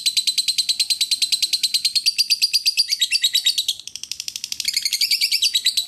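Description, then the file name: Lovebird chatter: rapid, piercing, buzzy chirps delivered nonstop, briefly dipping in volume before resuming, against an otherwise quiet background. "suara lovebird asli"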